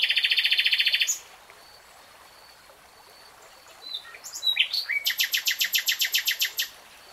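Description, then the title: Nightingale song with a quick loud trill, a pause, then a long rhythmic run of repeated sharp notes. Nightingale singing, recorded in real time. "[Tiếng chim hót] Nightingale Singing"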